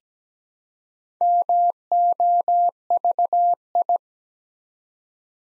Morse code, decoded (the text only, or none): MOVI